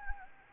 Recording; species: mosquito wingbeat signal from an infrared sensor; Anopheles gambiae